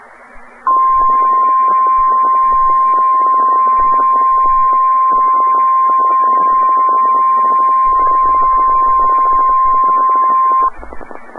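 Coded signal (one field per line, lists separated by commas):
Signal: Emergency Alert System (SAME) tones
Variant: 1050 Hz attention tone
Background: music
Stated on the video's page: Required weekly test on a NOAA Weather Radio station in Melbourne, Florida.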